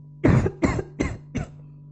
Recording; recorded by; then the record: voluntary cough; messaging app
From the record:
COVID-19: negative